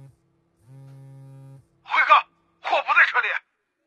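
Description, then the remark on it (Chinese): Da Hui's mobile phone rings with a single steady, low buzzing tone lasting about a second, at the mouth of an alley. Moments later, a voice speaks in two short bursts. “大辉的手机响了。”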